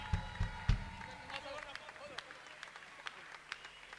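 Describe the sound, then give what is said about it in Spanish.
Scattered applause with sharp, irregular claps, a few loud bursts early on, then thinner clapping that tapers off, with faint voices and tonal background sound underneath. “¡Fuerte el aplauso para BGH!”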